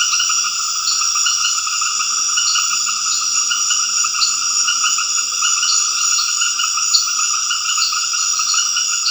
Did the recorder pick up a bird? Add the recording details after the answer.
no. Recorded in dense forest near Puerto Asís, Putumayo, Colombia, on 9 March 2025 at 21:00. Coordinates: 0.481, -76.323. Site G088